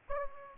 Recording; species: mosquito wingbeat signal from an infrared sensor; Aedes aegypti